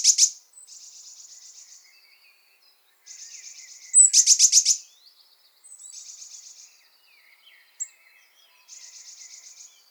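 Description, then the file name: Eurasian blue tit giving repeated buzzy churring phrases, soft scolding chatter with a louder rattling burst in the middle, pauses between bouts. "Cyanistes caeruleus"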